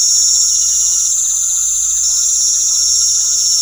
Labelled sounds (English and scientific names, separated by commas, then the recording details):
none
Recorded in pastures near Puerto Asís, Putumayo, Colombia, on 4 March 2025 at 19:30
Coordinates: 0.497, -76.327
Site G072